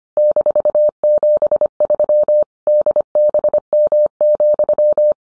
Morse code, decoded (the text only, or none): -73 DBM,